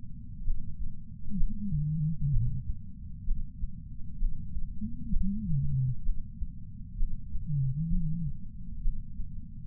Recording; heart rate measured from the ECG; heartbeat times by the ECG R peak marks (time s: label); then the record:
heart sounds by patch sensor on the chest; 64 bpm
0.44 s: heartbeat
1.37 s: heartbeat
2.31 s: heartbeat
3.25 s: heartbeat
4.18 s: heartbeat
5.10 s: heartbeat
6.03 s: heartbeat
6.97 s: heartbeat
7.89 s: heartbeat
8.82 s: heartbeat
From the record:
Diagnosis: coronary artery disease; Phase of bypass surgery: preoperative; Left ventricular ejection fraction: 36.6%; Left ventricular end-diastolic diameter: 43 mm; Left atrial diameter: 33 mm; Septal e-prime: 3.9 cm/s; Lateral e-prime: 8 cm/s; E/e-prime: 10.3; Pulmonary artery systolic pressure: 22 mmHg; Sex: female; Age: 80 years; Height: 150 cm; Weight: 49 kg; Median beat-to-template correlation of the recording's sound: 0.90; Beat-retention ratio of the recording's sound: 0.98